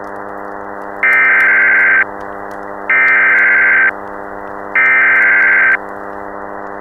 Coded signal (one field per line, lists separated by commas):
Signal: Emergency Alert System (SAME) tones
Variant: header bursts